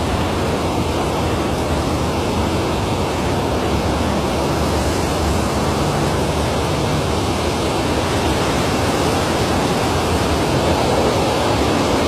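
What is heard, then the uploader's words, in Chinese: Wind blows in a steady, dense rush with no gusts or pauses, a full roar from low rumble to bright hiss throughout. 大自然的声音：吹风。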